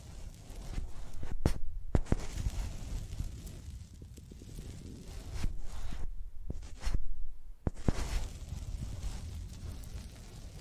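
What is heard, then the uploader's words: Microphones are rubbed and dragged across a surface like pencils, giving a dense scratching with a heavy low rumble throughout. Sharp taps and knocks break through every second or two, with a louder scraping stretch around the seventh second. ASMR Using Mics as Pencils (No Talking).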